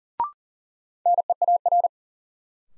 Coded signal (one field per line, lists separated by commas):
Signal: Morse code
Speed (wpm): 40 wpm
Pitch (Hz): 700 Hz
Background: none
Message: NEAR